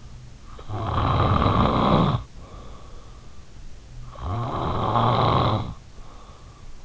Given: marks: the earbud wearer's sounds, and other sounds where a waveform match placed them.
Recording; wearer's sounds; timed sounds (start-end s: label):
sounds in sleep by an in-ear microphone; snoring breath
0.10-2.96 s: snoring breath
3.87-6.22 s: snoring breath